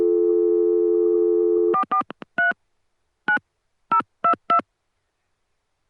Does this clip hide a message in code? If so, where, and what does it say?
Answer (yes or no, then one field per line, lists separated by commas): yes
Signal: DTMF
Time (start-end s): 1.7-4.6 s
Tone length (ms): 100 ms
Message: 443 9022